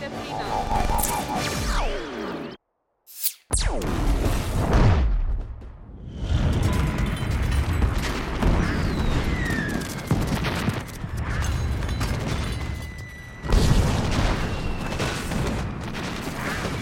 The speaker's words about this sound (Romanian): Cred că ar fi putut supraviețui exploziei.